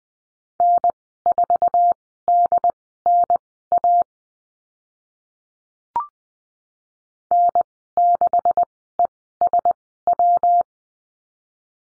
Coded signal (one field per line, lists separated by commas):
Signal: Morse code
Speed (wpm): 20 wpm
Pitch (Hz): 700 Hz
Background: none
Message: N4DNA N6ESW